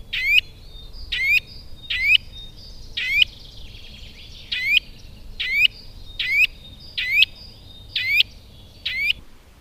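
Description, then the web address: Eurasian nuthatch calls: emphatic upslurred notes repeated roughly every second, sometimes doubled, steady and insistent with faint background twittering. "agykontroll Madardalok Cd 1. Csuszka"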